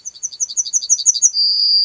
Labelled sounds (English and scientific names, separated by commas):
Yellowhammer (Emberiza citrinella) song